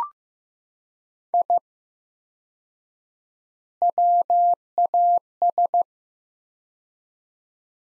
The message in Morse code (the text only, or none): I WAS